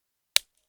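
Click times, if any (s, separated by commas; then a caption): 0.4 s. A knife is pushed into its plastic sheath, which has click-in retention. After a short silence, one sharp, loud snap at 0.4 s, bright and broadband, marks the knife seating in the sheath. It then fades to quiet, with a faint low thump at the very end.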